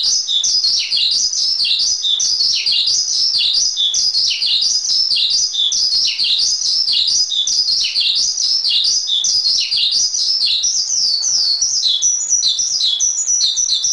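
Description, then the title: Javan bush lark in steady song, a rapid run of high squeaky notes, many sliding downward in repeated phrases, keeping up nonstop throughout. "Suara Burung Branjangan"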